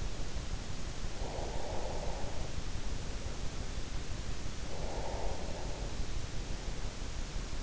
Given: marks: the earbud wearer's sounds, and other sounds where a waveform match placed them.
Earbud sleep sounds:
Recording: sounds in sleep by an in-ear microphone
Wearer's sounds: breath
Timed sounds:
0.92-2.89 s: breath
4.62-6.03 s: breath

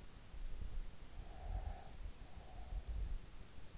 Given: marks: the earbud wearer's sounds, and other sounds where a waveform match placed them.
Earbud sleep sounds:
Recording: sounds in sleep by an in-ear microphone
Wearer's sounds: breath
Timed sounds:
1.34-3.61 s: breath

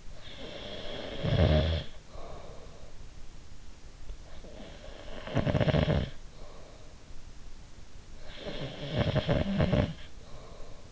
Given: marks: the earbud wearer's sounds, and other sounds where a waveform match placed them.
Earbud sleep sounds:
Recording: sounds in sleep by an in-ear microphone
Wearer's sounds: snoring breath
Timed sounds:
0.00-3.07 s: snoring breath
4.39-6.98 s: snoring breath
8.14-10.92 s: snoring breath

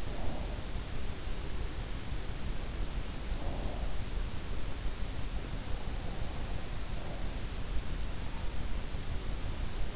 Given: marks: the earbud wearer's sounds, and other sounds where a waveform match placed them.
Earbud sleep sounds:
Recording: sounds in sleep by an in-ear microphone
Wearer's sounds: breath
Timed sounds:
0.00-0.61 s: breath
3.29-3.90 s: breath

